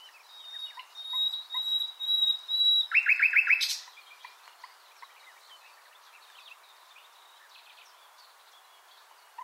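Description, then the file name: Common nightingale phrase: a thin sustained whistle, then a short rapid rattle, followed by several seconds of faint scattered notes. "Luscinia megarhynchos"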